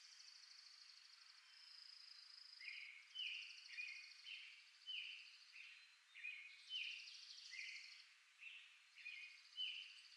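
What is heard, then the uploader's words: Forest morning ambience with birds calling throughout. A high, steady trilling chatter runs across the whole clip, and from about the third second a bird repeats a short rising call roughly every second. There is no low rumble, only thin, bright sounds. Ambient Forest Morning.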